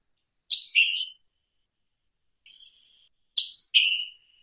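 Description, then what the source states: Scarlet Tanager call, a sharp chip followed by a burry slurred note, given twice with a faint thin note in between. Chick-burr call, described as very distinctive and often heard.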